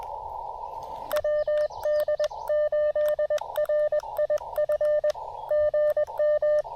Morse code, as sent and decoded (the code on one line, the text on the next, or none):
.-- -.. ---.. .-. .. ..-. / --. --
WD8RIF GM